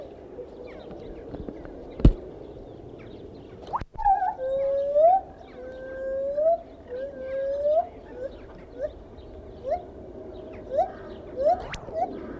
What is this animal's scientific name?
Hylobates lar